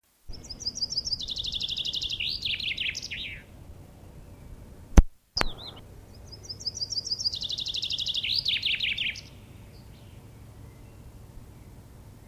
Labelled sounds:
Common Chaffinch song

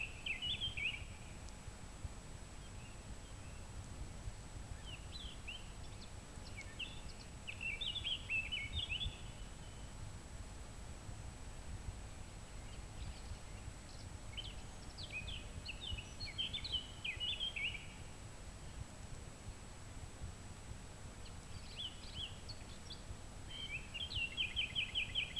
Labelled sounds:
Eurasian Blackcap song

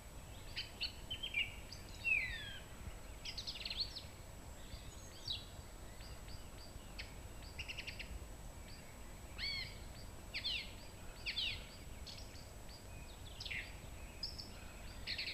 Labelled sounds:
Song Thrush song

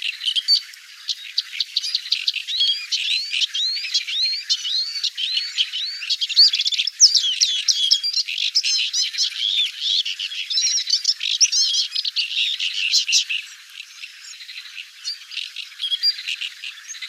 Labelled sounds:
Paddyfield Warbler song

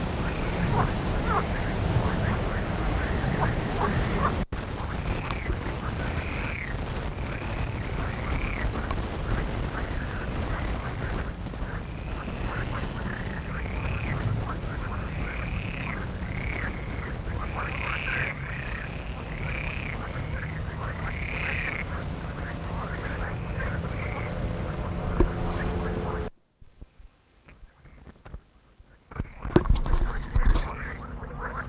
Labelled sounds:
Edible Frog call

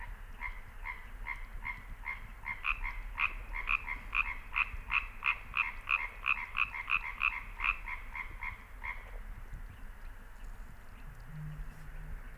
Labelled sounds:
Common Tree Frog call

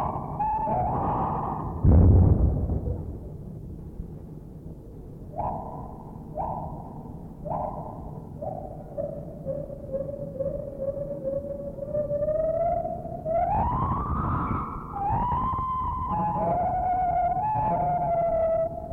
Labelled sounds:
Lar Gibbon

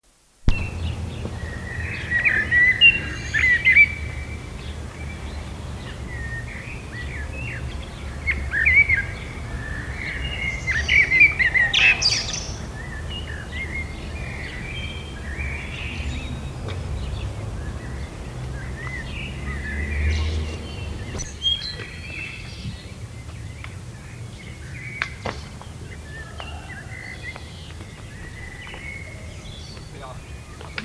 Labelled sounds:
Common Blackbird song

